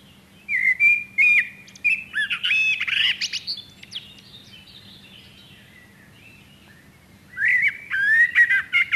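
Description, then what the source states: Common blackbird song: two fluty whistled phrases separated by a pause of several seconds, the first ending in squeaky, high twittering notes; a faint steady low hum underneath. Nominate subspecies Turdus merula merula.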